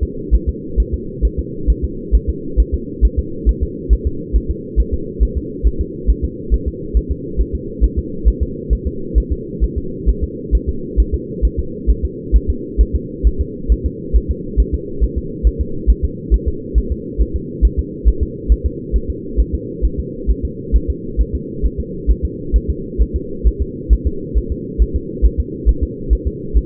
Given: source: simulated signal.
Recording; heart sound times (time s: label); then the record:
fetal heart sounds
0.03 s: S2
0.35 s: S1
0.49 s: S2
0.80 s: S1
0.94 s: S2
1.25 s: S1
1.39 s: S2
1.70 s: S1
1.84 s: S2
2.15 s: S1
2.29 s: S2
2.60 s: S1
2.74 s: S2
3.05 s: S1
3.19 s: S2
3.49 s: S1
3.63 s: S2
3.93 s: S1
4.07 s: S2
4.36 s: S1
4.50 s: S2
4.80 s: S1
4.94 s: S2
5.23 s: S1
5.37 s: S2
5.67 s: S1
5.81 s: S2
6.10 s: S1
6.25 s: S2
6.54 s: S1
6.68 s: S2
6.97 s: S1
7.11 s: S2
7.41 s: S1
7.55 s: S2
7.84 s: S1
7.99 s: S2
8.28 s: S1
8.43 s: S2
8.73 s: S1
8.87 s: S2
9.18 s: S1
9.32 s: S2
9.64 s: S1
9.78 s: S2
10.09 s: S1
10.24 s: S2
10.55 s: S1
10.69 s: S2
11.00 s: S1
11.14 s: S2
11.45 s: S1
11.59 s: S2
11.90 s: S1
12.05 s: S2
12.36 s: S1
12.50 s: S2
12.81 s: S1
12.96 s: S2
13.27 s: S1
13.41 s: S2
13.72 s: S1
13.86 s: S2
14.16 s: S1
14.31 s: S2
14.60 s: S1
14.75 s: S2
15.04 s: S1
15.18 s: S2
15.47 s: S1
15.61 s: S2
15.90 s: S1
16.05 s: S2
16.34 s: S1
16.48 s: S2
16.78 s: S1
16.92 s: S2
17.22 s: S1
17.36 s: S2
17.65 s: S1
17.79 s: S2
18.08 s: S1
18.23 s: S2
18.52 s: S1
18.66 s: S2
18.96 s: S1
19.10 s: S2
19.40 s: S1
19.54 s: S2
19.85 s: S1
20.00 s: S2
20.31 s: S1
20.45 s: S2
20.76 s: S1
20.90 s: S2
21.21 s: S1
21.35 s: S2
21.66 s: S1
21.80 s: S2
22.10 s: S1
22.25 s: S2
22.56 s: S1
22.70 s: S2
23.02 s: S1
23.16 s: S2
23.47 s: S1
23.62 s: S2
23.93 s: S1
24.07 s: S2
24.38 s: S1
24.52 s: S2
24.82 s: S1
24.96 s: S2
25.25 s: S1
25.40 s: S2
25.69 s: S1
25.83 s: S2
26.13 s: S1
26.27 s: S2
26.57 s: S1
From the record:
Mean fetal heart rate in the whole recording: 135 bpm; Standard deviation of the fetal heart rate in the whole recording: 3 bpm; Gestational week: 34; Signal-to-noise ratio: -4.3 dB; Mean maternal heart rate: 72 bpm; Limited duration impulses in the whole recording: absent